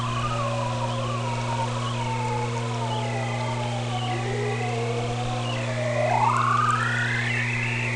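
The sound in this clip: Whale calls: long wavering tonal moans, one gliding upward into a rising whoop near the end, over a steady low mechanical hum.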